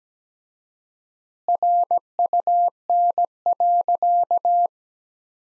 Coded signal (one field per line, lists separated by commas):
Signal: Morse code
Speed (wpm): 17 wpm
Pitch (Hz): 700 Hz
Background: none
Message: RUN.